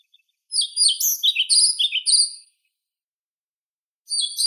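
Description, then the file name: European pied flycatcher singing one lively phrase of high, see-sawing chirps lasting about two seconds, followed by silence and the start of another phrase. "Ficedula hypoleuca"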